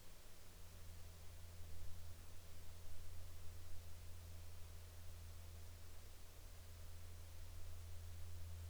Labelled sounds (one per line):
aircraft